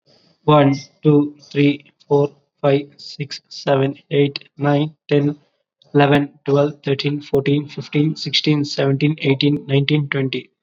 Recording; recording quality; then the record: counting at a normal pace; excellent, no background noise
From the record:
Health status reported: COVID-19 positive, mild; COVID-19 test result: positive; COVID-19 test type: rapid antigen test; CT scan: not taken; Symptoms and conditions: cough, fatigue, muscle pain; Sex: male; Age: 25 years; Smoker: no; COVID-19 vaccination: both doses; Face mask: worn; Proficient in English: yes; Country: India